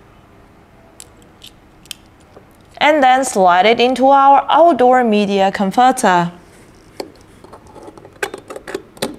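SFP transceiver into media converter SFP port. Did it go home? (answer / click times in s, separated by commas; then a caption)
no / none. A fiber SFP transceiver with its cable attached is handled and slid toward the SFP port of an outdoor media converter, with a few light ticks and taps around someone who talks from about 2.8 to 6.3 seconds. Sharper handling knocks follow near 7.0, 8.2 and 9.0 seconds. Nothing has seated or clicked yet.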